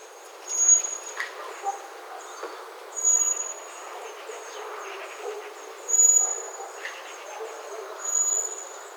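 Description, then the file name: Common blackbird calls: high, thin, even whistles repeated roughly every two to three seconds, with faint other high notes and a constant rushing hiss behind. "Turdus merula"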